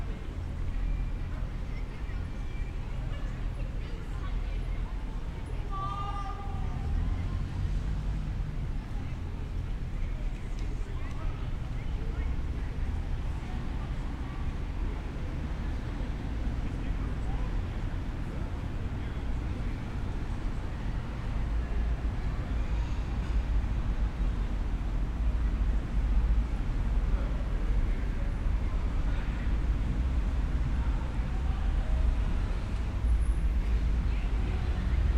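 A walk through the historic city of Bath, filled with a steady, dense low rumble of traffic and murmuring voices. A brief high chirp or squeak cuts through around six seconds, and the street noise swells slightly louder in the final stretch.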